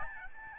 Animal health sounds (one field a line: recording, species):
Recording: mosquito wingbeat signal from an infrared sensor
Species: Aedes albopictus